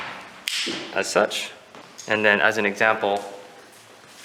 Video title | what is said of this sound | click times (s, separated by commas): How To: Step Through 2 Assembly Step By Step | so this particular one will be going on to the bars and that will be the white reflector and they kind of snap into place | 0.5 s